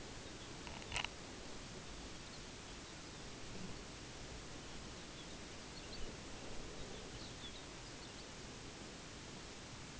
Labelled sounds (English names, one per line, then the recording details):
unidentified sound
Lapland Longspur
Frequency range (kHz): Lapland Longspur 2.2-5.8 kHz
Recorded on Arctic tundra, site UTQI-5, on 14 June 2019
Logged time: 14:00